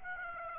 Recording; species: mosquito wingbeat signal from an infrared sensor; Aedes aegypti